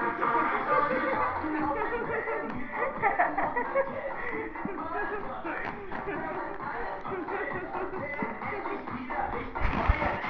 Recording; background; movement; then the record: laughter; music; walking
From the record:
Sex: female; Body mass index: 36.4 kg/m2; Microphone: on the chest, facing the body